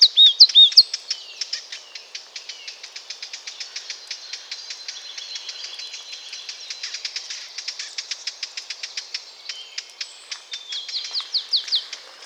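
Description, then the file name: Eurasian blackcap giving a long train of hard clicking tac notes, about three per second, with brief whistled phrases at the start and end. "Sylvia atricapilla"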